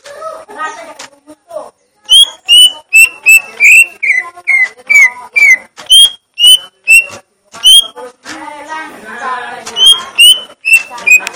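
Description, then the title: Leafbird song: bright whistled notes repeated rapidly, with quick sharp ticks between them and softer chattering before and after. Song type called "gledek", meaning thunder. "Cucak Ijo Suara Gledek"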